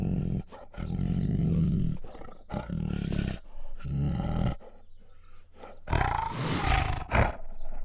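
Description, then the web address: Bengal tiger snarls and growls in uneven deep bursts, with a sharper, hissing snarl near the end among low rumbling growls. Female Bengal tiger growling and snarling. "Sound Ideas Tigers Sound Effects"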